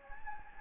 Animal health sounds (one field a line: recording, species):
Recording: mosquito wingbeat signal from an infrared sensor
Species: Anopheles gambiae